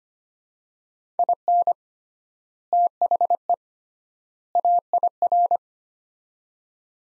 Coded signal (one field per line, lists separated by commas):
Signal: Morse code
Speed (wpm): 25 wpm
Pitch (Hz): 700 Hz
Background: none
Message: IN THE AIR